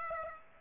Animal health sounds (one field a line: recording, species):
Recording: mosquito wingbeat signal from an infrared sensor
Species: Aedes aegypti